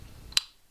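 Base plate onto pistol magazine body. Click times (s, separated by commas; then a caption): 0.4 s. A base plate is slid onto the body of a second Beretta PX4 Storm pistol magazine during cleaning, with a faint low rumble underneath. A small tick comes at 0.3 s, then one sharp, bright click at 0.4 s as the plate seats home, followed by a quick fade to quiet.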